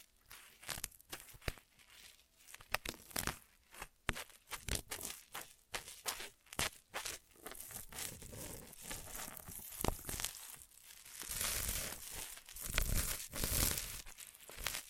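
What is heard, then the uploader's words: Crinkly ear massage sounds: quick bursts of crumpling and rustling, sharp and bright, come every fraction of a second. After about eight seconds the rubbing grows denser and steadier, with louder hissing swells near twelve and fourteen seconds. ASMR Most Tingly Ear Massage Triggers for Sleep (No Talking).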